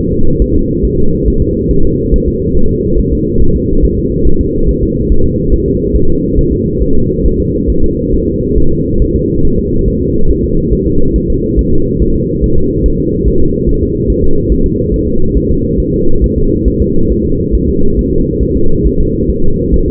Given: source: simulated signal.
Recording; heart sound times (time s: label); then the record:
fetal heart sounds
0.13 s: S2
0.42 s: S1
0.56 s: S2
0.85 s: S1
0.99 s: S2
1.28 s: S1
1.42 s: S2
1.71 s: S1
1.85 s: S2
2.14 s: S1
2.28 s: S2
2.57 s: S1
2.71 s: S2
2.99 s: S1
3.13 s: S2
3.42 s: S1
3.56 s: S2
3.85 s: S1
3.98 s: S2
4.27 s: S1
4.41 s: S2
4.69 s: S1
4.83 s: S2
5.12 s: S1
5.26 s: S2
5.54 s: S1
5.68 s: S2
5.96 s: S1
6.10 s: S2
6.39 s: S1
6.53 s: S2
6.83 s: S1
6.96 s: S2
7.26 s: S1
7.40 s: S2
7.70 s: S1
7.84 s: S2
8.14 s: S1
8.28 s: S2
8.58 s: S1
8.72 s: S2
9.02 s: S1
9.16 s: S2
9.45 s: S1
9.59 s: S2
9.88 s: S1
10.02 s: S2
10.31 s: S1
10.45 s: S2
10.73 s: S1
10.87 s: S2
11.16 s: S1
11.30 s: S2
11.59 s: S1
11.73 s: S2
12.02 s: S1
12.16 s: S2
12.44 s: S1
12.58 s: S2
12.86 s: S1
13.00 s: S2
13.28 s: S1
13.42 s: S2
13.69 s: S1
13.83 s: S2
14.10 s: S1
14.24 s: S2
14.52 s: S1
14.66 s: S2
14.94 s: S1
15.08 s: S2
15.37 s: S1
15.51 s: S2
15.80 s: S1
15.94 s: S2
16.24 s: S1
16.38 s: S2
16.68 s: S1
16.82 s: S2
17.12 s: S1
17.26 s: S2
17.55 s: S1
17.69 s: S2
17.99 s: S1
18.13 s: S2
18.43 s: S1
18.57 s: S2
18.87 s: S1
19.01 s: S2
19.30 s: S1
19.44 s: S2
19.74 s: S1
19.88 s: S2
From the record:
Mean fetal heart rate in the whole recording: 140 bpm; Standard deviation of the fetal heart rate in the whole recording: 2 bpm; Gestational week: 34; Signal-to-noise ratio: -19.1 dB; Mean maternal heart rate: 72 bpm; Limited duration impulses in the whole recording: present